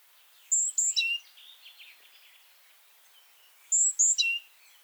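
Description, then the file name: Great tit calling: a sharp high double note followed by a lower note, repeated twice, with quieter twittering between the phrases. "Parus major"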